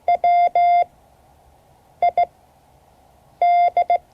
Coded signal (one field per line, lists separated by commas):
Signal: Morse code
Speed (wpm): 16 wpm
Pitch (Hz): 700 Hz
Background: none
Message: WID